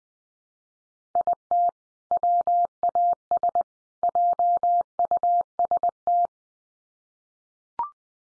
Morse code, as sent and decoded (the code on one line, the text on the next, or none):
.. - / .-- .- ... / .--- ..- ... -
IT WAS JUST